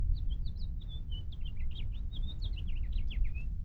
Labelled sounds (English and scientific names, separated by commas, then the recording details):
House Finch (Haemorhous mexicanus) song
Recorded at Lawrence on Long Island, New York, on 4 June 1975
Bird D